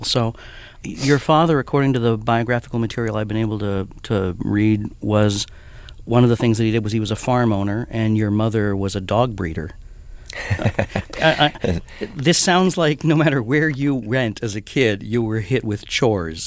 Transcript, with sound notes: So your father, according to the biographical material I've been able to read, was - one of the things that he did was he was a farm owner, and your mother was a dog breeder. (Soundbite of laughter) This sounds like no matter where you went as a kid, you were hit with chores.